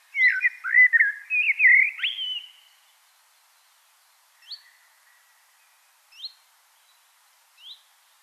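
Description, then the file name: Common blackbird song: a warbled, fluty phrase, then three short, high, thin notes spaced a couple of seconds apart. "Turdus merula"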